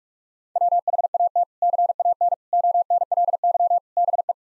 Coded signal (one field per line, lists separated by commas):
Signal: Morse code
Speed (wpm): 44 wpm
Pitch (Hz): 700 Hz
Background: none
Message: WHAT CAN ONLY BE